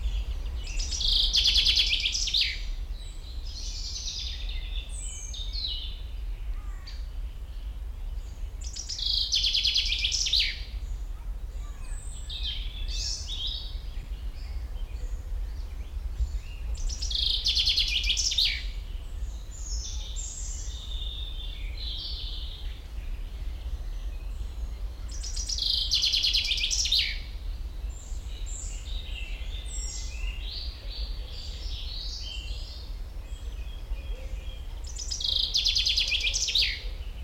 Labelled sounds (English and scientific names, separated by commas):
Common Chaffinch (Fringilla coelebs)